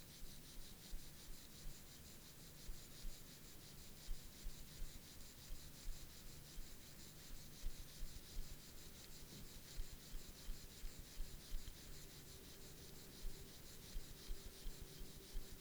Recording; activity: daily activity, guitar pickup as the sensor; brush teeth